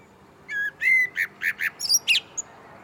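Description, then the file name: Common blackbird song: a few mellow whistles followed by quick, thin, squeaky twittering notes, in a quiet setting. "Turdus merula"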